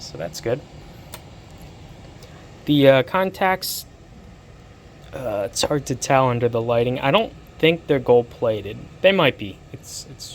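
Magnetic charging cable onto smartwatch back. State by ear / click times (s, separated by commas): seated / 1.1 s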